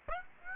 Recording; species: mosquito wingbeat signal from an infrared sensor; Aedes aegypti